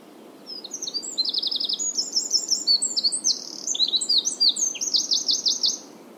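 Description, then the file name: Eurasian wren song, a rapid cascade of shrill notes and machine-gun trills, sustained for roughly five seconds before stopping. "Troglodytes troglodytes"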